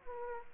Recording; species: mosquito wingbeat signal from an infrared sensor; Aedes aegypti